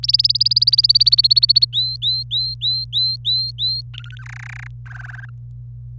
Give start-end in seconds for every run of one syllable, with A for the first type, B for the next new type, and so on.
0.03-1.65 A, 1.73-3.81 B, 3.94-4.22 C, 4.26-4.67 D, 4.86-5.25 E, 5.98-5.99 F